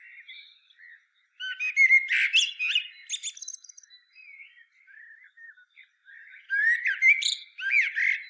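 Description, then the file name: Common blackbird song of mellow whistles and shrill twittering, with soft subdued notes between the louder phrases. "Turdus merula"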